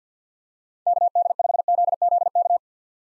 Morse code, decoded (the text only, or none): KD5ZZK